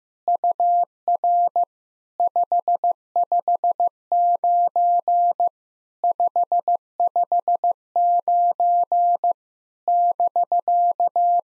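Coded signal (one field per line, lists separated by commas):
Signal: Morse code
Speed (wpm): 15 wpm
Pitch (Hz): 700 Hz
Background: none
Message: UR 559 559 <BK>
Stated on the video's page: POTA exchange practice drill in Morse at 15 wpm, each exchange sent, spoken, then sent again.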